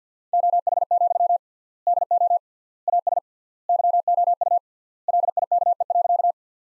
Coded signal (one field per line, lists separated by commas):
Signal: Morse code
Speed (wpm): 50 wpm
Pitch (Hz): 700 Hz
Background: none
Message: OH, DO AS YOU LIKE.